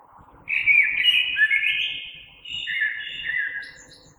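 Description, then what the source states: Common blackbird song: two rich warbling phrases of fluted notes in close succession, with a faint high squeak at the end. Recorded 3 March 2020.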